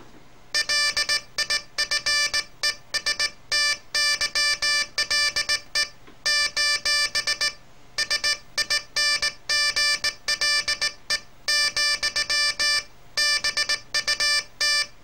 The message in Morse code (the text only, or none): LIFESTYLE : SINGLE , BUT